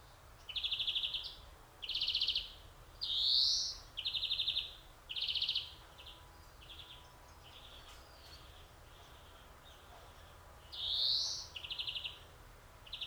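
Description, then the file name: European greenfinch alternating short buzzy trills with two long nasal wheezes that rise in pitch, separated by quiet pauses of a second or more. "Chloris chloris"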